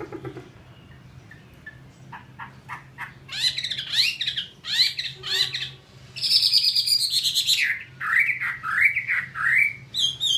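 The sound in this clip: Chinese hwamei starting with soft clicks and chirps, building into loud buzzy high notes and then looping whistled phrases.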